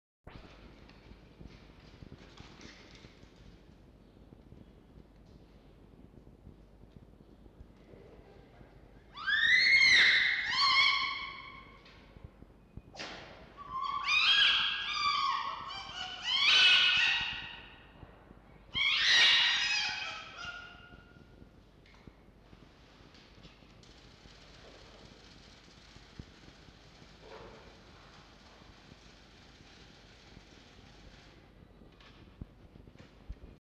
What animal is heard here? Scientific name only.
Vulpes vulpes